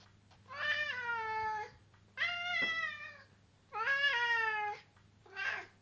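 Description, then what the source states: Domestic cat meowing: four drawn-out, wavering meows, each about a second long, separated by short pauses, the last one shorter; faint low hum underneath. Male cat.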